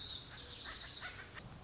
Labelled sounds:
Lazuli Bunting (Passerina amoena)
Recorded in Sonoma County, California

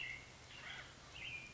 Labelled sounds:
Acorn Woodpecker (Melanerpes formicivorus)
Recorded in Sonoma County, California

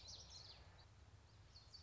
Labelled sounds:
Common Yellowthroat (Geothlypis trichas)
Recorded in Sonoma County, California

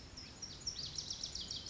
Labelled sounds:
Lazuli Bunting (Passerina amoena)
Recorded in Sonoma County, California

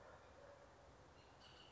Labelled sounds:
Bullock's Oriole (Icterus bullockii)
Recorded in Sonoma County, California

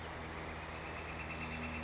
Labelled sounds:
Northern Flicker (Colaptes auratus)
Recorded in Sonoma County, California

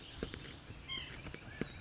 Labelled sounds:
White-breasted Nuthatch (Sitta carolinensis)
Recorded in Sonoma County, California

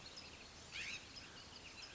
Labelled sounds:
California Scrub-Jay (Aphelocoma californica)
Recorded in Sonoma County, California

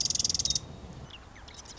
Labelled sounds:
Marsh Wren (Cistothorus palustris)
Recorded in Sonoma County, California

